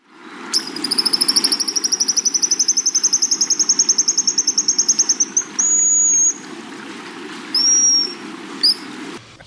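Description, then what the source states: Pigeon Guillemot call: a long rapid series of thin, high, piercing twitters lasting about five seconds, followed by a few separate high whistles, over a low rumble. Played as the mystery sound; a coastal seabird about the size and rough shape of a pigeon, found from Oregon up to the far north of Alaska.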